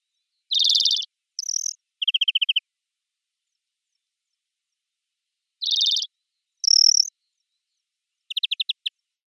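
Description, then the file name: European greenfinch calls: a buzzy, harsh burst followed by short rapid twittering trills, a pause of about three seconds, then the same buzzy note, a higher trill and a quick series of ticking notes. "Chloris chloris"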